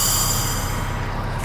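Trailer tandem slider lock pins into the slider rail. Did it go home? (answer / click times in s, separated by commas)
no / none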